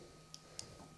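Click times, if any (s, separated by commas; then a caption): 0.3 s, 0.6 s. Turning the handle of a hydraulically assisted machine vice closes its steel jaws on a pin, and as the jaws take up the spindle mechanism gives two sharp, brief clicks at 0.3 s and 0.6 s over a low steady hum. The clicks mark the jaws taking up on the workpiece, before further turning applies the hydraulic clamping force.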